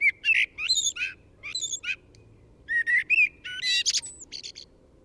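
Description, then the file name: Eurasian blackbird song: rich warbled fluting notes broken by scratchy, high-pitched twittering flourishes, two phrases in quick succession. "Turdus merula"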